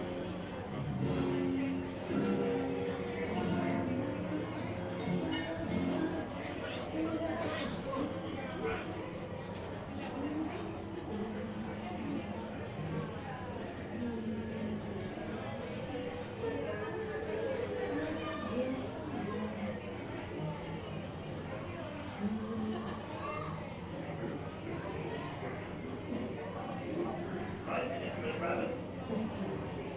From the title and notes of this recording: Mickey's Toon Town, Disneyland Binaural Recording. In this episode, we go on another audio adventure through Disneyland Park in Anaheim, California. This time we stroll through Mickey's Toon Town just days before they were scheduled to shut down for a year of maintenance and refurbishment.